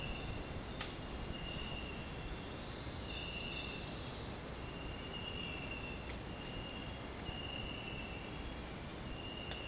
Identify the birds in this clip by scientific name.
none